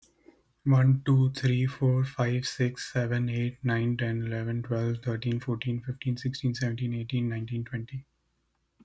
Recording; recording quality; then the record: counting at a fast pace; excellent, no background noise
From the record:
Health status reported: healthy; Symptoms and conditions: sore throat, asthma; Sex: male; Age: 27 years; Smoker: not ticked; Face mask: not worn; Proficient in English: yes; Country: Canada